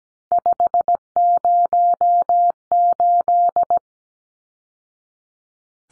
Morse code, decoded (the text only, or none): 508